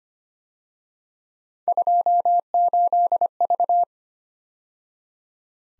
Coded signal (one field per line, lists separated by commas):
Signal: Morse code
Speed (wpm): 29 wpm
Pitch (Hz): 700 Hz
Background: none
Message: 28V